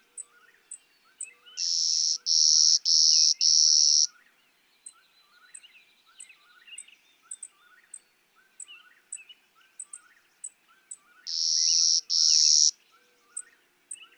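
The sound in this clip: Clay-colored sparrow song: four flat, loud insect-like buzzes, then a second song of two buzzes near the end, over a busy chorus of high chips and lower warbles from other birds.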